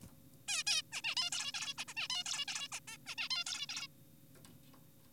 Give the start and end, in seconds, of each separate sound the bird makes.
0.48-0.64, 0.67-0.82, 0.92-1.01, 1.04-1.15, 1.17-1.30, 1.32-1.52, 1.54-1.74, 1.78-1.85, 1.88-1.94, 1.97-2.08, 2.10-2.24, 2.26-2.46, 2.48-2.68, 2.72-2.80, 2.88-2.97, 3.06-3.15, 3.18-3.29, 3.30-3.44, 3.46-3.66, 3.69-3.88